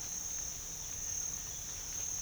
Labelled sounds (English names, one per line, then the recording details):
none
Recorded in pastures near Puerto Asís, Putumayo, Colombia, on 22 December 2024 at 06:30
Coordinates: 0.472, -76.329
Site G072